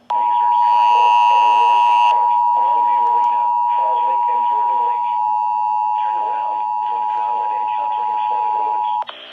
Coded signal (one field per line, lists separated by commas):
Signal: Emergency Alert System (SAME) tones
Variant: 853 and 960 Hz attention tone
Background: speech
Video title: RAH FFW - WXL58 - WNG706 - 5 FM stations (6/30/23 - EAS # 370-376)